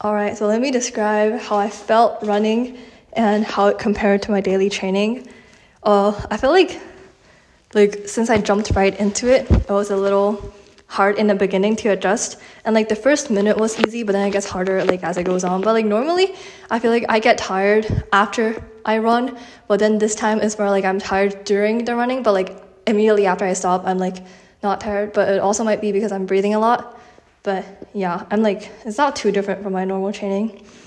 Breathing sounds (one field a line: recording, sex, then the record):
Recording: free speech after running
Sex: female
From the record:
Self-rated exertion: vigorous exertion (4 of 6)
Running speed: 7 miles an hour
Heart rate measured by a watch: 110 beats a minute at the start, 111 at the end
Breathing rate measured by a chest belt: 20 breaths a minute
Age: 18 years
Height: 167 cm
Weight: 50 kg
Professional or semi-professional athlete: no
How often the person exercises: 1 to 2 times a week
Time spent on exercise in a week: 1 to 2 hours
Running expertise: no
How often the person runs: 1 to 2 times a week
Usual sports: running, walking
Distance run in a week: 1 to 2 km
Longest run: 6 km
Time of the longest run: 34 minutes